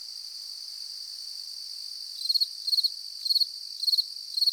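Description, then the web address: Grasshopper: steady high insect buzz alone at first, then a grasshopper joins with five quick pulsed chirps in the last two seconds. Summer morning in nature, with insects buzzing and grasshoppers chirping. "latna sutrin sred prirodata zuzene na nasekomi curulikane na skakalci"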